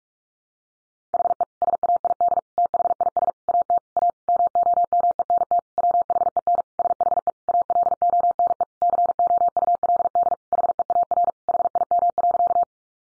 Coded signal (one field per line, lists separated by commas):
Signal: Morse code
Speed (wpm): 44 wpm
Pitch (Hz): 700 Hz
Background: none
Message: HE SAID THIS AT A MOMENT WHEN SHE ALONE COULD HEAR HIM.